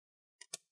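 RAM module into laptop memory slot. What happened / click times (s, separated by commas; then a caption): The module snapped into its side latches / 0.4 s, 0.5 s. A DDR4 SO-DIMM RAM module is inserted at 45 degrees into the memory slot of an HP Pavilion 15 BS laptop, then pressed down toward the motherboard until its two side retention clips snap. Two sharp clicks are heard at 0.4 s and 0.5 s, the second louder with a brief low-frequency tail. The module is seated.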